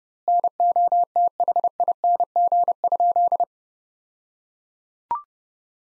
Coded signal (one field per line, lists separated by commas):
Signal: Morse code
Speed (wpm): 30 wpm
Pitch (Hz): 700 Hz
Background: none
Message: NOTHING?